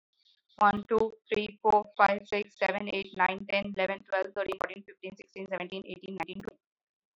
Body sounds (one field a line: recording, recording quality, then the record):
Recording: counting at a fast pace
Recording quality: moderate, slight background noise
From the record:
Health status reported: healthy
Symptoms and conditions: none ticked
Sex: female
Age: 39 years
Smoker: not ticked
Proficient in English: yes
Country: India